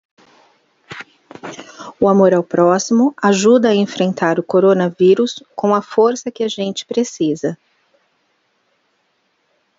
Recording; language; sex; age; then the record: spoken sentence; Brazilian Portuguese; female; 50 to 59 years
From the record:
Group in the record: control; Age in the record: 50 years